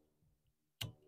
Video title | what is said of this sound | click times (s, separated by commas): HEPA King Premium Silicone Beam Wiper Blade for Tesla Model 3 - Wiper Blade Installation and Review | work it back until it clicks and again nice | 0.8 s